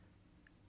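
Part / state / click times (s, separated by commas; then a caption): rod telescope into rigid bronchoscope / seated / 0.5 s. A Hopkins rod telescope, its ends aligned, is passed through a rigid paediatric bronchoscope and locked into place. A single short, sharp tick at 0.5 s marks it seating against a low, steady background hum.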